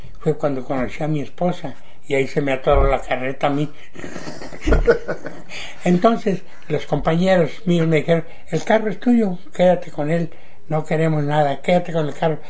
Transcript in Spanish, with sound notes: Fue cuando conocí a mi esposa y ahí se me atoró la carreta a mí. (risas) Entonces los compañeros míos me dijeron: “El carro es tuyo, quédate con él. No queremos nada quédate con el carro”.